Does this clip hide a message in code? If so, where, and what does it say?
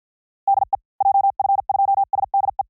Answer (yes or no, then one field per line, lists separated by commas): yes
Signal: Morse code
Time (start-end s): 0.5-2.6 s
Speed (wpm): 55 wpm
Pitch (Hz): 840 Hz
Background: none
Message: DE JF2SDE